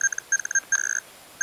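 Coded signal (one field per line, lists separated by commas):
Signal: Hellschreiber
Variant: Feld Hell, 122.5 baud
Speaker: there's qu there's silence and then there's signal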